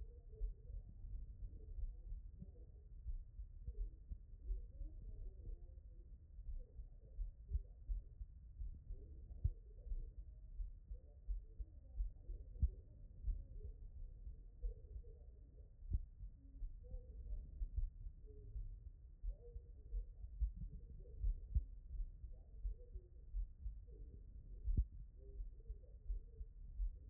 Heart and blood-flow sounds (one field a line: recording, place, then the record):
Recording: heart sounds by stethoscope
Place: tricuspid valve (TV)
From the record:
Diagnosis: non-HFrEF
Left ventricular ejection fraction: 62%